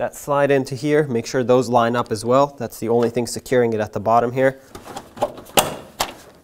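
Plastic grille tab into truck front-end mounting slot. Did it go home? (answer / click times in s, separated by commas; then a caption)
yes / 5.6 s. Someone talks while pushing the plastic grille and headlight assembly of a 1997–2003 Ford F-150 in at the bottom so its tabs slide into the truck's front-end mounting slots. After the talking, a few sharp knocks sound, and the first tab clicks into place at 5.6 s.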